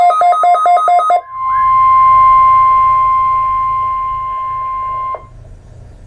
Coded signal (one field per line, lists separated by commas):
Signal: Emergency Alert System (SAME) tones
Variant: 1050 Hz attention tone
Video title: Required Weekly Test - EAS #564